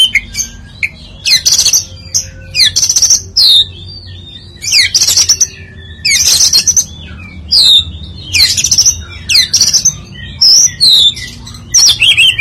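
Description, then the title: Oriental magpie-robin singing a rich run of sweet whistles, slurred notes and scratchy chatter in phrases separated by short pauses, against a faint low hum. "Kacer"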